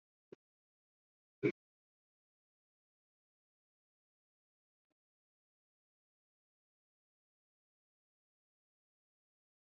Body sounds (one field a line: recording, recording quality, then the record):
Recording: shallow breathing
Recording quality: moderate, slight background noise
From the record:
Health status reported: COVID-19 positive, moderate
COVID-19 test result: positive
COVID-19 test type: RT-PCR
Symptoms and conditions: breathing difficulty, fatigue, hypertension, diabetes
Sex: male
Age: 42 years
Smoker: yes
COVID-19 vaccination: both doses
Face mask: worn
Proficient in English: no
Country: India